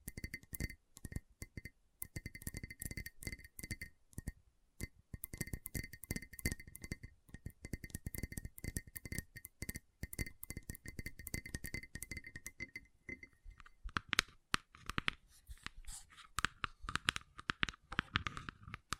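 Gentle tapping comes in a dense, uneven patter of light clicks that never really pauses. Through the first thirteen seconds a faint steady ringing tone sits behind the taps; after that the ring fades and the taps turn sharper and more glassy, with brief clinks.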